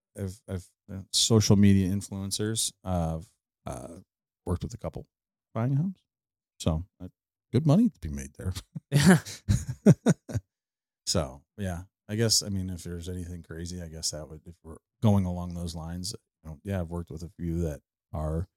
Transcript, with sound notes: have social media influencers, worked with a couple buying homes. So, good money to be made there. (laughing)
So, yeah, I guess, I mean, if there's anything crazy, I guess if we're going along those lines, yeah, I've worked with a few that are,